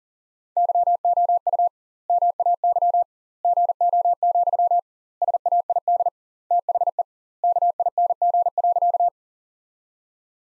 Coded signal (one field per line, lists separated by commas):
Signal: Morse code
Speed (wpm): 40 wpm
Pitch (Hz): 700 Hz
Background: none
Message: YOU MAY GO, SAID THE KING.